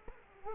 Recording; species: mosquito wingbeat signal from an infrared sensor; Culex quinquefasciatus